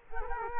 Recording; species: mosquito wingbeat signal from an infrared sensor; Culex quinquefasciatus